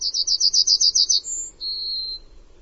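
Bird song: a fast series of about nine high clipped notes, then a brief higher note and a long level whistle.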